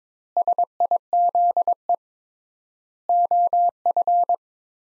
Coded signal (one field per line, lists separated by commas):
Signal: Morse code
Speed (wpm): 22 wpm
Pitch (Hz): 700 Hz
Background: none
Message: SIZE OF